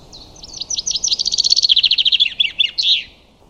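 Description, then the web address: Common chaffinch song: a quick accelerating series of bright descending notes that speeds into a rattling trill and ends in a short flourish, all clear against a quiet background. "Deverinetal 2025 File origin Bird Only Fr Co"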